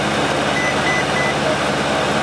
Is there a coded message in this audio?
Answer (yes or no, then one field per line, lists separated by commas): no